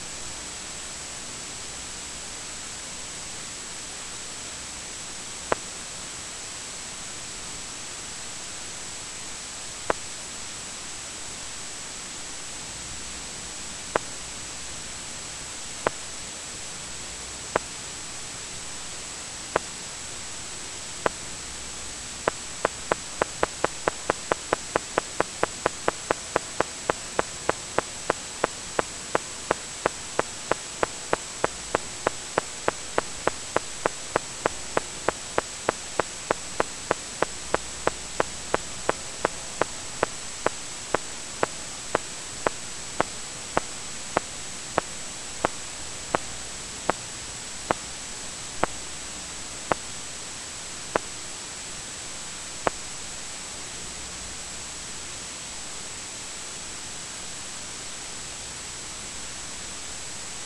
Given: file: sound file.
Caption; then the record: Examples of audio tracks of spontaneous EMG tracings of ipsilateral #489.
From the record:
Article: Causation of Acute Flaccid Paralysis by Myelitis and Myositis in Enterovirus-D68 Infected Mice Deficient in Interferon αβ/γ Receptor Deficient Mice